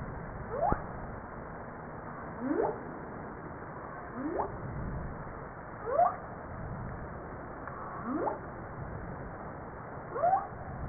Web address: Humpback whale humpback-01 940302-1307